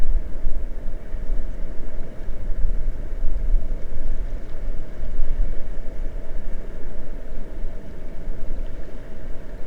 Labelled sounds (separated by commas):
water